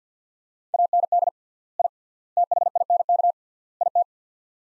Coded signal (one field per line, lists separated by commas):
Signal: Morse code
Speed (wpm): 50 wpm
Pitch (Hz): 700 Hz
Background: none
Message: AND I THINK IT